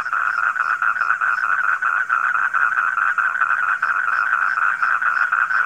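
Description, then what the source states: Frogs calling in a continuous rattling chorus, fast overlapping croaks at a steady pitch, with faint high chirps. Frogs calling at night.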